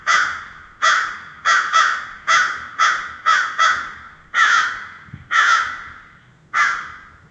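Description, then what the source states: Crow calling with loud raspy caws, roughly one every half second to second, some in quick pairs, each call fading with a brief tail. Crow screaming loudly.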